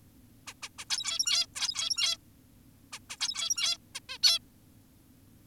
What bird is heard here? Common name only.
Zebra Finch